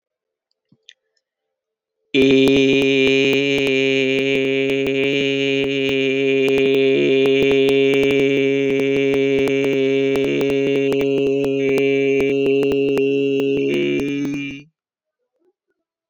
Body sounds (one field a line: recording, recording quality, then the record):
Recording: sustained vowel as in made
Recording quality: excellent, no background noise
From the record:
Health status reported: healthy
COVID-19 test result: not tested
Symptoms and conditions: cough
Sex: male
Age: 27 years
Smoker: not ticked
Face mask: not worn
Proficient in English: yes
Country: India